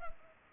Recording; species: mosquito wingbeat signal from an infrared sensor; Culex pipiens